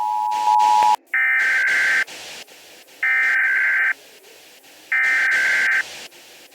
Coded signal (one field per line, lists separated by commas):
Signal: Emergency Alert System (SAME) tones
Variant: header bursts